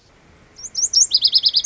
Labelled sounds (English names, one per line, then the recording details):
Lazuli Bunting
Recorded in Sonoma County, California